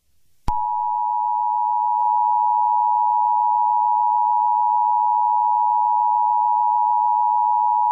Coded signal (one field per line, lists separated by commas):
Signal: Emergency Alert System (SAME) tones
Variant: 853 and 960 Hz attention tone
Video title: EAS Scenario #35: The Green Beans Rampage